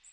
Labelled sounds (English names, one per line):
Magnolia Warbler flight call